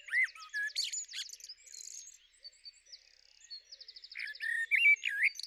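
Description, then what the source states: Common blackbird song: quick whistled and rattling trills at high pitch, a softer middle section, then loud rising and falling fluted notes. Recorded on 9 April 2021.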